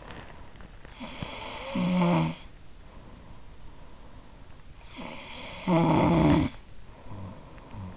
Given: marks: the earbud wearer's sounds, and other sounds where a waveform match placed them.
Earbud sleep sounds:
sounds in sleep by an in-ear microphone; snoring breath
0.31-2.94 s: snoring breath
4.20-7.97 s: snoring breath

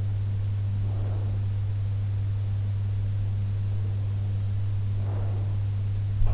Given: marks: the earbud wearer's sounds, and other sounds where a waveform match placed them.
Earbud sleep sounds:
sounds in sleep by an in-ear microphone; breath
0.62-1.57 s: breath
4.90-5.68 s: breath

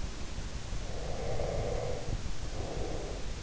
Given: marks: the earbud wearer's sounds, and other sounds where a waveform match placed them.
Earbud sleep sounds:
sounds in sleep by an in-ear microphone; breath
0.76-3.28 s: breath

